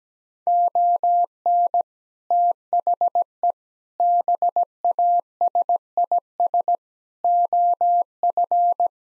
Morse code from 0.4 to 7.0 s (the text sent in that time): ON THE BASIS